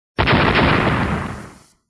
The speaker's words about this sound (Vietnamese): Một trận âm thanh bạo liệt nổ ra,